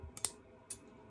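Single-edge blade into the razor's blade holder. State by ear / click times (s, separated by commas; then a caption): seated / 0.2 s, 0.7 s. A single-edge blade resting on the blade holder of a OneBlade Core razor is pushed home. It gives two sharp clicks at 0.3 s and 0.7 s, preceded by a faint tick, and the blade is seated and fixed in place.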